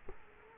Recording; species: mosquito wingbeat signal from an infrared sensor; Culex quinquefasciatus